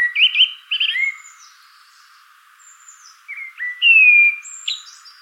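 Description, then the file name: Common blackbird singing short fluty warbled phrases, a pause, then a long clear whistle and a squeaky high twitter. "Turdus merula"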